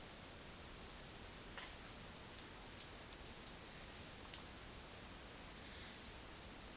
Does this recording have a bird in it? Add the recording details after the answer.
no. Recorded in dense forest near Puerto Asís, Putumayo, Colombia, on 20 February 2024 at 12:00. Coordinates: 0.481, -76.318. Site G6421